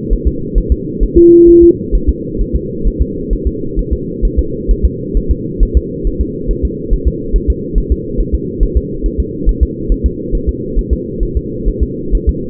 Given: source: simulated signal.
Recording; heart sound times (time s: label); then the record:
fetal heart sounds
0.13 s: S1
0.27 s: S2
0.58 s: S1
0.72 s: S2
1.03 s: S1
1.18 s: S2
1.49 s: S1
1.63 s: S2
1.95 s: S1
2.09 s: S2
2.41 s: S1
2.55 s: S2
2.87 s: S1
3.02 s: S2
3.33 s: S1
3.47 s: S2
3.79 s: S1
3.93 s: S2
4.25 s: S1
4.39 s: S2
4.71 s: S1
4.85 s: S2
5.17 s: S1
5.31 s: S2
5.63 s: S1
5.77 s: S2
6.07 s: S1
6.21 s: S2
6.51 s: S1
6.65 s: S2
6.93 s: S1
7.08 s: S2
7.36 s: S1
7.50 s: S2
7.78 s: S1
7.92 s: S2
8.21 s: S1
8.35 s: S2
8.63 s: S1
8.77 s: S2
9.06 s: S1
9.20 s: S2
9.49 s: S1
9.63 s: S2
9.92 s: S1
10.06 s: S2
10.35 s: S1
10.49 s: S2
10.79 s: S1
10.93 s: S2
11.23 s: S1
11.37 s: S2
11.68 s: S1
11.83 s: S2
12.15 s: S1
12.29 s: S2
From the record:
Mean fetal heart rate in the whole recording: 135 bpm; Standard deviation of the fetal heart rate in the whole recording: 3 bpm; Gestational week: 36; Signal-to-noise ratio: -6.6 dB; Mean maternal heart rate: 72 bpm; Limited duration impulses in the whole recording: present